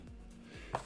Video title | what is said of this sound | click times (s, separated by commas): Star Wars Kanan Jarrus in Stormtrooper Disguise Rebels | It slides into this little half circle here, and you'll snap it in there till it clicks | 0.8 s